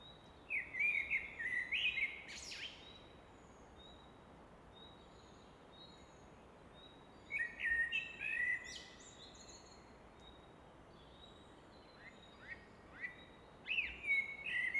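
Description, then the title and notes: Common nightingale singing short varied bursts of chattering and whistled notes, separated by long pauses, over steady rushing background noise. Evening song in Fläsch, Switzerland; rushing of the Rhine reflected off a rock face in background; recorded with Fostex FR2 and MKH 800. "Fläsch, Schweiz - Abendstimmung Nachtigall. Im Hintergrund wird das Rauschen des Rheins von einer Felswand reflektiert"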